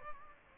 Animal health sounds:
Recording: mosquito wingbeat signal from an infrared sensor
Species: Aedes aegypti

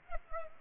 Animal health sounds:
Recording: mosquito wingbeat signal from an infrared sensor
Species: Culex pipiens

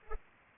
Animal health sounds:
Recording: mosquito wingbeat signal from an infrared sensor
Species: Culex pipiens

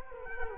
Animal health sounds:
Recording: mosquito wingbeat signal from an infrared sensor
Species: Culex quinquefasciatus

